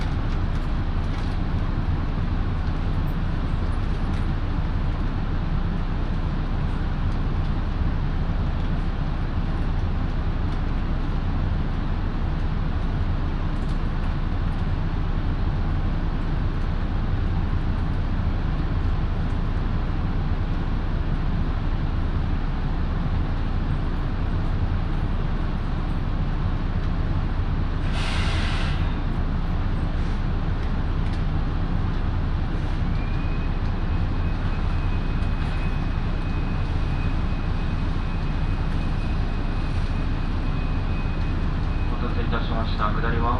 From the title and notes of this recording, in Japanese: 耳で楽しむ鉄道旅 身延線普通 身延→市川大門。